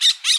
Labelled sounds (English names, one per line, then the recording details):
Brown-throated Parakeet contact call
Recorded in Bonaire
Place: just S of turnoff to Cai, near Lac Bay
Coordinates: 12.126, -68.239